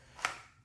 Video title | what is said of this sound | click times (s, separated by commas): TXC HOLSTER FIRST LOOK PART 1 | to it and a nice little click right there at the bottom | 0.2 s